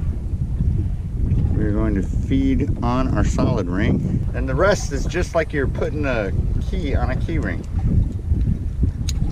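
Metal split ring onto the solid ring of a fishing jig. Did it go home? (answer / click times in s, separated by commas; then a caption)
yes / 9.1 s. A metal split ring is fed around the solid ring of a slow pitch jig, threaded on like a key onto a keyring, while someone talks over steady low wind and boat noise. A faint tick comes at 8.8 seconds, then a sharp metallic snap at 9.1 seconds as the split ring snaps on and seats, leaving the jig rigged.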